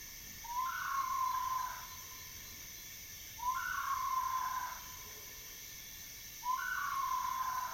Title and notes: Midnight In Mohoba Village. It's midnight in the remote village of Mohoba, central Gabon. This is what wakes me up around midnight. Western Tree Hyrax